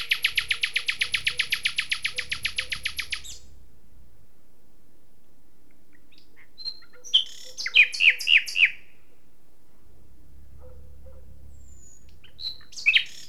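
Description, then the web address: Common nightingale song: a loud, fast buzzy trill of rapidly repeated pulses, a pause, then a varied phrase of sharp chirps; low rumbling noise underneath at start and end. "SETE data Luscinia megarhynchos"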